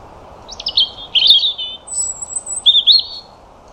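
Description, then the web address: European robin delivering varied warbling phrases, a long very high thin whistle and a final liquid flourish, with background hiss. "2025 File origin Bird Only Er Ru"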